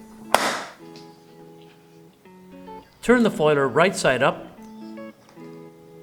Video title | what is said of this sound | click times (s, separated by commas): THE FOILER: Loading THE FOIL Cassette | Close the case until you hear the latch click. | 0.3 s